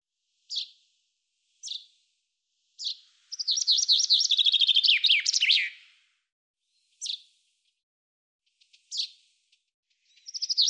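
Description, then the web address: Common chaffinch giving sharp single call notes spaced about a second apart, then one rapid descending trilled song phrase with a closing flourish, followed by more calls. "Deverinetal 2025 File cleaned normalized Bird Fr Co"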